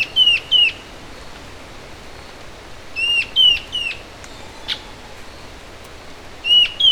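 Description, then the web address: Bird calls in small clusters of clear, slightly falling notes: two, then three, then two more at the end, with a faint tick between. "BIRD SABIOD bird"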